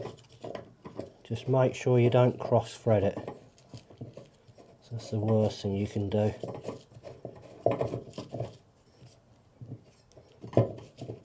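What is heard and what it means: A plastic threaded nut of a waste trap is being screwed by hand onto a bath/shower waste outlet, taking care not to cross-thread it, with light plastic ticks and rubbing under someone talking. The thread has not caught yet and nothing has seated by the end of the clip.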